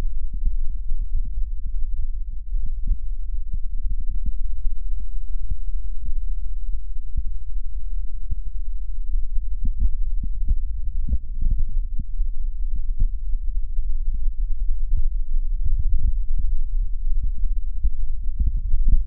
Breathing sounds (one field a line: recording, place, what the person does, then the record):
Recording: lung sounds by stethoscope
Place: left posterior basal chest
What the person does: quiet breathing, then deep breathing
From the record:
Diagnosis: COPD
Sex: male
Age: 70 years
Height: 183 cm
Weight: 116 kg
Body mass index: 34.6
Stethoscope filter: bell mode